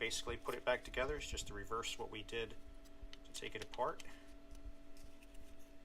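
Someone talks while handling the plastic dash switch housing halves of a 1995–2002 GM truck or van, after the burnt-out illumination bulb has been replaced, to press them back together. A few faint ticks follow, but the housing has not snapped together or seated yet when the clip ends.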